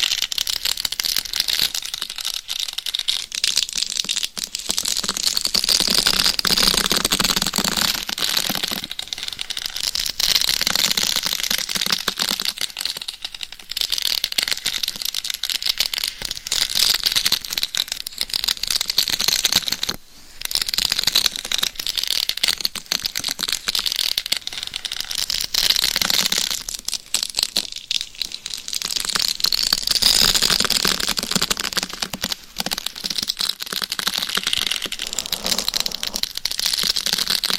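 Dense, continuous scratching on binaural microphones, a rough, bright scraping that fills the upper range with little let-up. The rubbing comes in rapid, irregular strokes with brief drops near 13 and 20 seconds, and faint crinkling and rattling textures mixed in.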